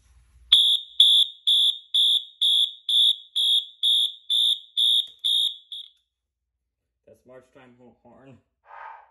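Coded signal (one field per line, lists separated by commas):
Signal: alarm pattern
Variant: Wheelock March time horn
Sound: harsh buzzy horn pulsing quickly on and off, about 11 quarter-second blasts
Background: man talking afterward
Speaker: Now it's time for March time horn. So we're gonna plug it in. It will be March time horn. 3, 2, 1. That's March time horn.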